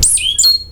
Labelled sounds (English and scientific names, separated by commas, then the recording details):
Stitchbird (Notiomystis cincta) song
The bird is a male
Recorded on Tiritiri Matangi Island, New Zealand, in 2005
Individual 22, of nest box 31